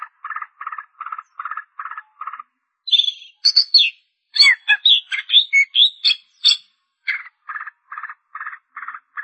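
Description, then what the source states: Long-tailed shrike song: a series of steady buzzy pulses, then a varied jumble of squeaky and harsh notes, returning to the buzzy pulses at the end. Recorded March 2017.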